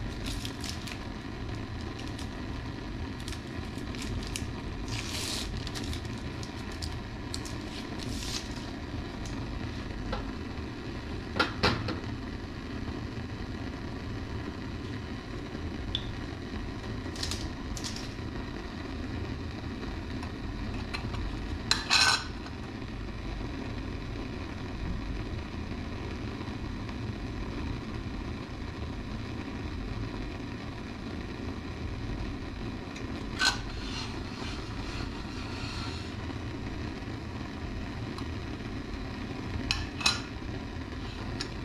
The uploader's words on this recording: Me preparing some antibiotic agar plates for use in experiments later.